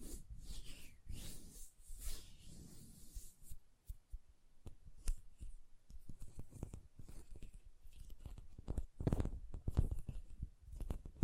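Hand sounds with soft rubbing and swishing early on, then a run of quick, irregular taps and clicks with a louder burst near nine seconds.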